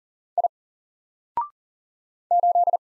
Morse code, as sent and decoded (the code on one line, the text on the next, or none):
.. / ---..
I 8